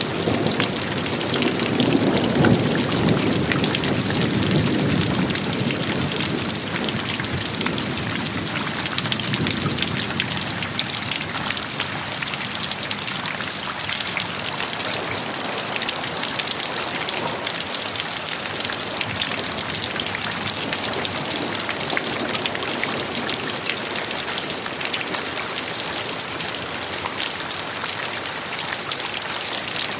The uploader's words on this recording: The soothing sound of raindrops and distant thunder. The gentle sound of raindrops and the distant rumble of thunder.